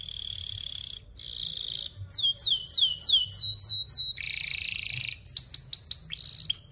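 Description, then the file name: Canary singing a fast varied sequence: steady buzzy tones, rolling runs of downward-sweeping chirps, a harsh buzz, then quick clipped notes. Canary song described as gacor, fast and tightly packed chirping with sharp rolling phrases. "Suara Kenari Gacor Speed Rapat Cuit Cuit Ngerol Tajam"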